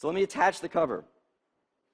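A fabric-covered magnetic keyboard cover is being handled for attachment to a tablet's magnetic connector along its edge, while someone talks for about the first second. No click is heard, and the cover has not yet snapped on or seated. The rest of the clip is silent.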